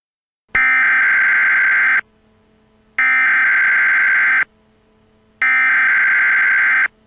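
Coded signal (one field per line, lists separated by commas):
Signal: Emergency Alert System (SAME) tones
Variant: header bursts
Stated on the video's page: Required monthly test for Oregon.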